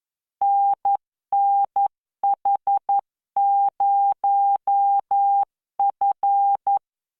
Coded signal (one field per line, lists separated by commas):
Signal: Morse code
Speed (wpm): 11 wpm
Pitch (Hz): 800 Hz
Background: none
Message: NNH0F